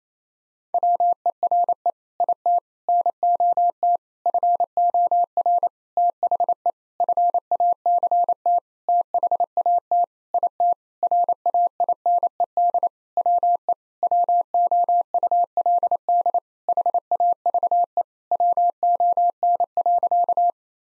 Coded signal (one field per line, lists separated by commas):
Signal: Morse code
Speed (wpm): 28 wpm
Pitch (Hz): 700 Hz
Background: none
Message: WERE IT NOT FOR THE FACT THAT IT RAINED WE WOULD HAVE WON.